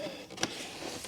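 A plastic kidney grille clip on a BMW E91 330d is pushed home into the front bumper after resisting earlier. A single sharp click at 0.4 s stands out over a low steady background. The clip is seated.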